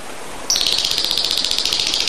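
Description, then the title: Oriental magpie-robin bursting into a rapid, buzzy, harsh chattering rattle lasting under two seconds, with faint hiss before it. "Kicau Kacer"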